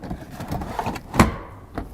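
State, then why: Seated. A plastic toilet waste cassette in a Solis is pushed back into its cassette compartment, with scraping and a few light knocks as it slides in. It clicks home and locks into place with a sharp latch at 1.2 s, followed by a softer knock at about 1.8 s.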